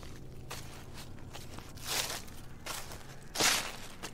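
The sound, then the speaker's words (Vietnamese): Footsteps of a person holding a shovel crunch and rustle through dry leaves in a slow, uneven rhythm, mixed with wind swirling the dry leaves, with a few louder scuffs standing out over a low, steady background hum. “Thì thoảng có những âm thanh xào xạc vang lên, là gió thổi quấn những lá khô, xen lẫn với tiếng bước chân của tôi đi sột soạt.”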